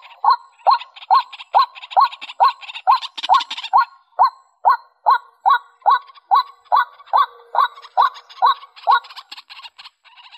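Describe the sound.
White-breasted waterhen calling a long regular series of hooked notes, about two per second, overlaid for a while by harsher buzzy rattling notes.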